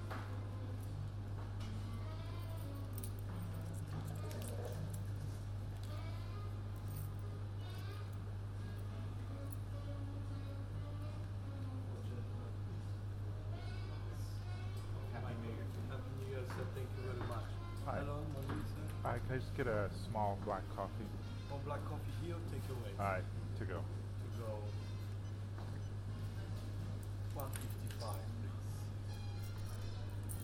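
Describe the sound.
A steady low hum runs under overlapping chatter at breakfast, with voices growing busier and livelier around the middle, plus occasional clinks.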